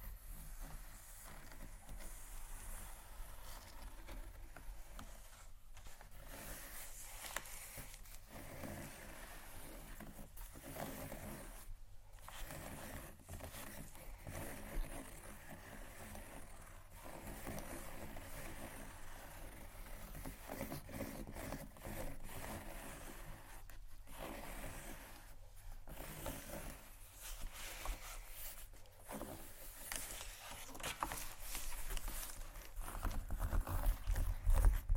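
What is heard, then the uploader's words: Fingers tap and scratch across leather bags in a dense, fairly steady stream of soft rustling and scraping, broken by brief pauses near 6, 12 and 24 seconds. A low hum runs underneath, and the scratching grows louder and rougher in the final seconds. ASMR Tapping & Scratching Luxury Leather Bags（No Talking）.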